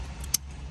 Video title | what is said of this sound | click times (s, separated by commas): Holden commodore VF full installation guide | just make sure that's clipped in nicely | 0.3 s